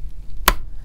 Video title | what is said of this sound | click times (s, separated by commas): Dell PowerEdge R430 Server Review & Overview - Memory Install Tips - How to Configure System - RAM | hear that click you need here on both sides | 0.5 s